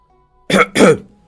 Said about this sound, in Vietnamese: Còn chưa ra động, Ngọc Đỉnh đã ho khan hỏi.